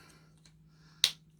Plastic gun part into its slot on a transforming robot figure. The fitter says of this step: I I love how the guns just like fully click into place.